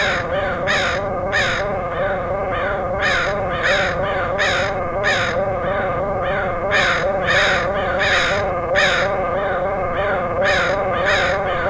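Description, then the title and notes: Several crows cawing, raspy calls of varying loudness overlapping irregularly throughout, with a steady low drone underneath. Crows recorded in Portland, Oregon, August 2003. "Dronecast: Crows of Portland. Crows recorded by Dan Bodah in Portland, OR, August 2003"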